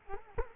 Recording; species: mosquito wingbeat signal from an infrared sensor; Culex quinquefasciatus